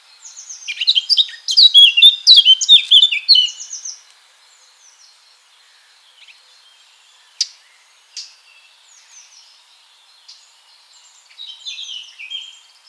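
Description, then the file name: Eurasian blackcap delivers a rich, hurried warble for around four seconds; afterwards only scattered faint calls are heard. "Sylvia atricapilla"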